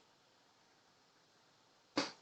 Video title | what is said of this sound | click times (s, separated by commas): 2002 Suzuki SV650, Install front and rear brake pads, install rear wheel, adjust chain slack | just snaps back into place | 2.0 s